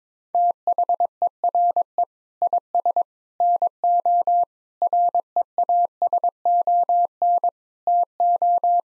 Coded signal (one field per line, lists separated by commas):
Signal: Morse code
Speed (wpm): 22 wpm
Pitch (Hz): 700 Hz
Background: none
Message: THERE IS NO REASON TO